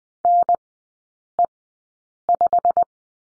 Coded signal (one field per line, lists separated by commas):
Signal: Morse code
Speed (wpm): 20 wpm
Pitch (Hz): 700 Hz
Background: none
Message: NE5